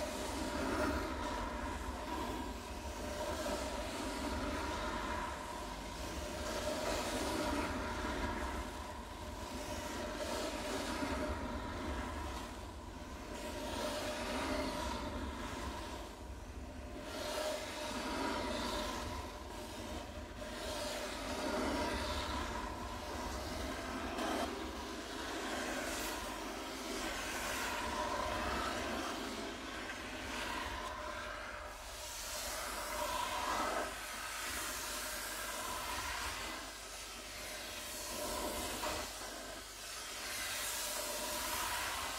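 Rubbing and scratching on a wooden table, a dense, continuous rasping that rises and falls in irregular strokes. The texture shifts through the clip, growing brighter and scratchier after about thirty seconds, with a steady low rumble underneath throughout.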